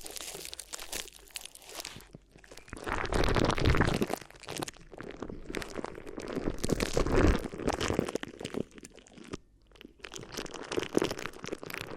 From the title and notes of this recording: ASMR Addictive Crinkly Ear Massage (No Talking).